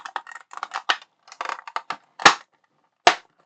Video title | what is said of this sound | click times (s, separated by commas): Build the 1:2 Scale Giger Xenomorph Alien - Pack 12 - Stages 85-92 | There you go, you heard that snap in there. | 3.1 s